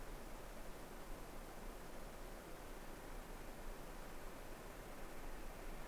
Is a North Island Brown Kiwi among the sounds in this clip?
no